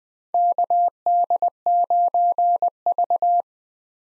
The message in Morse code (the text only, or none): KD9V